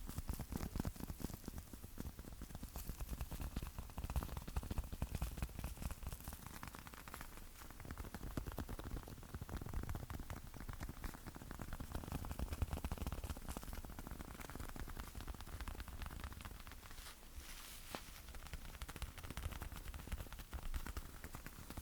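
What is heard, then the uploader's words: Sticky tapping goes on without pause, a dense patter of tiny clicks and peels that sounds much like rain on a surface. The texture stays steady and fine-grained across the whole stretch, with a low, soft rumble underneath and brief brighter flickers now and then. ASMR Sticky Tapping.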